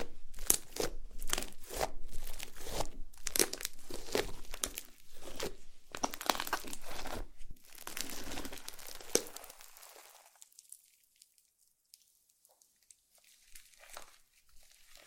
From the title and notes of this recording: ASMR SLIME SATISFYING - NO TALKING.